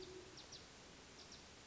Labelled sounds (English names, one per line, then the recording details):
Great Horned Owl
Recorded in Sonoma County, California